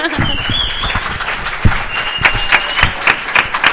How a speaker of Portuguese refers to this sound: Esperade que abro a porta para que escoite o aplauso.